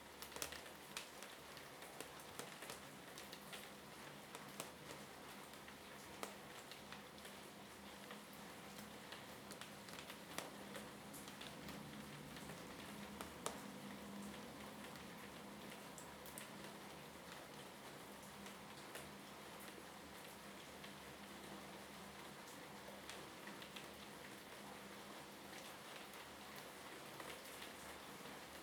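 Steady rain falls in a backyard, heard from indoors through a window, a dense even patter that holds level for the whole stretch. Sharper drips tick out of the wash every second or so, and a faint low hum sits underneath.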